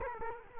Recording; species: mosquito wingbeat signal from an infrared sensor; Culex quinquefasciatus